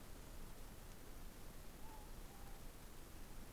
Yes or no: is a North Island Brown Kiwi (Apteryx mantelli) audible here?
no